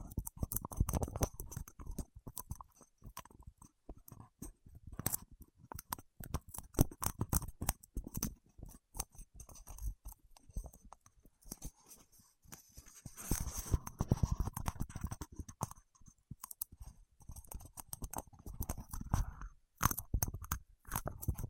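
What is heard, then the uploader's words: Fingertips work in wax, making dense, sticky crackles and soft clicks that come in uneven bursts. The sound thickens into heavier, wetter squelching around the first second, near 5 seconds, from about 13 to 15 seconds, and again near 20 seconds, with quieter ticking between. ASMR with Wax Fingertips for Sleep (No Talking).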